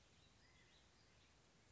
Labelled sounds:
California Quail
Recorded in Sonoma County, California

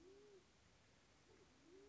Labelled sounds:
Band-tailed Pigeon
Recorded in Sonoma County, California

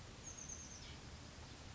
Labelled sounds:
Oak Titmouse
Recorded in Sonoma County, California

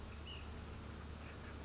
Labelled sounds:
Ash-throated Flycatcher
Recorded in Sonoma County, California

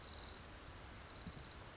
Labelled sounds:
Orange-crowned Warbler
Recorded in Sonoma County, California

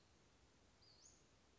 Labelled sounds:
Western Flycatcher
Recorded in Sonoma County, California

